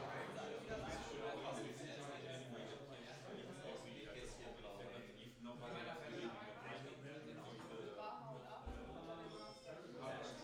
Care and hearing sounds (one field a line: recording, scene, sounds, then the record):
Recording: everyday scene through a hearing-aid microphone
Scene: many people talking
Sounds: many voices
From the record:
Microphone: in the ear canal, right